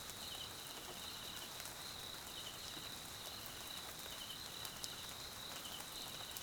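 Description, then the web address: Crickets giving a continuous high-pitched trill with brief pulsed chirps at irregular intervals, set against steady rainfall and occasional drip clicks. South African crickets, background ambience at night in rain, Mkhaya jungle, Swaziland. "Tonschliff - SOUTH AFRICAN CRICKETS BG Swaziland Mkhaya Jungle Night Rain"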